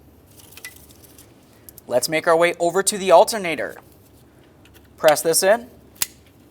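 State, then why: Seated. A wiring connector is pressed into the alternator of a 2003-2011 Mercury Grand Marquis while someone talks. After a few faint handling taps, a single sharp click is heard at 6.0 s as the connector seats.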